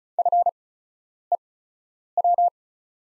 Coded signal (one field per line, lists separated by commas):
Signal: Morse code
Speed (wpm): 34 wpm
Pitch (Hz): 700 Hz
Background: none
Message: FEW